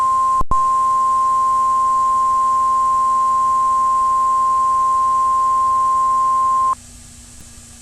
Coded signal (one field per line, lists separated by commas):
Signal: Emergency Alert System (SAME) tones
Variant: 1050 Hz attention tone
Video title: (EAS MOCK) July 15, 2005: The Most Useless Warning in History